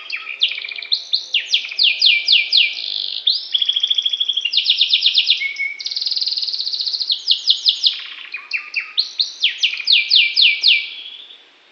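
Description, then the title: Canary song in a long unbroken sequence of fast trilled tours, each a quick repeated series of high sweeping notes, switching pattern every second or so with brief buzzy stretches. Norwich breed canary. "kenari norwich"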